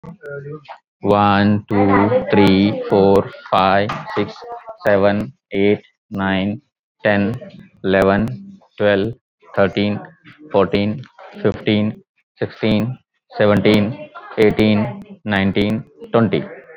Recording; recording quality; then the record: counting at a normal pace; excellent, no background noise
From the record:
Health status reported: respiratory illness, not identified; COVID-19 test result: negative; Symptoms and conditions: cough, chronic lung disease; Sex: male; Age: 48 years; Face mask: not worn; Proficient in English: yes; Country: India